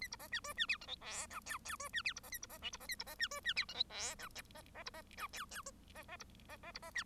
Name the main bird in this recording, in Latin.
Lonchura striata domestica